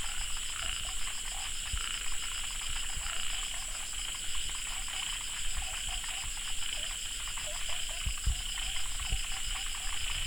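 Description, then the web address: Frogs calling in a chorus of short, mid-pitched chirps, overlapping irregularly, with a steady, high pulsing trill running throughout. "Frogs World"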